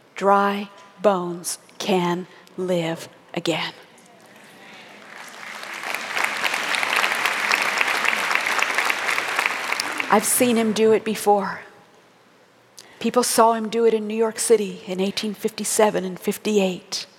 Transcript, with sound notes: dry bones can live again. (applause) I've seen Him do it before. People saw Him do it in New York City in 1857 and 1858.